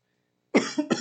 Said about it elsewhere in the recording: I've been fighting a little bit of a cough. I should not start coughing uncontrollably, as sometimes happens to me in class.